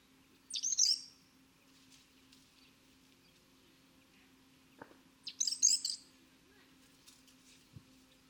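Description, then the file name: European robin song: two short high twittering bursts about five seconds apart, separated by quiet with a faint low hum. "Erithacus rubecula"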